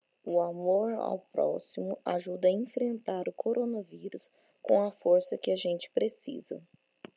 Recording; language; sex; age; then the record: spoken sentence; Brazilian Portuguese; female; 30 to 39 years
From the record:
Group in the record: control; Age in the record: 36 years